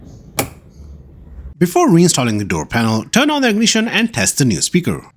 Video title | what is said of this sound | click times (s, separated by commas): How to replace front door speaker in Kia Sportage | Reconnect the electrical connector and make sure it clicks into place. | 0.4 s